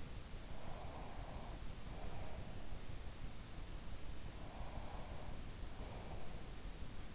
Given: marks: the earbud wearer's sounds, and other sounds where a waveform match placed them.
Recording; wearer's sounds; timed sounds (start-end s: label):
sounds in sleep by an in-ear microphone; breath
0.81-2.70 s: breath
4.74-6.60 s: breath